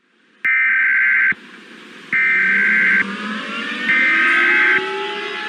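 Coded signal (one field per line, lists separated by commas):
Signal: Emergency Alert System (SAME) tones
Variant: header bursts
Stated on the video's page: Fictional EAS scenario, remastered in higher quality.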